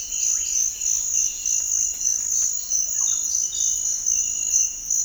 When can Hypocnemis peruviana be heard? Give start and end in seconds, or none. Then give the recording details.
0.00-1.66. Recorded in dense forest near Puerto Asís, Putumayo, Colombia, on 19 February 2024 at 06:30. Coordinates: 0.484, -76.317. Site G6464